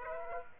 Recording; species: mosquito wingbeat signal from an infrared sensor; Aedes aegypti